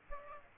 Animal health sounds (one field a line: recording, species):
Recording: mosquito wingbeat signal from an infrared sensor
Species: Aedes aegypti